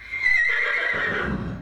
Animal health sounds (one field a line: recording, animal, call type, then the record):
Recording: contact call of a hoofed animal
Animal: horse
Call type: whinny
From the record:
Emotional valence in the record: negative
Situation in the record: separation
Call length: 1.62 s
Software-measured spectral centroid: 1910 Hz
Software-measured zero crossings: 3090 a second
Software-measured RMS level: -23 dBFS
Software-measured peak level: -10 dBFS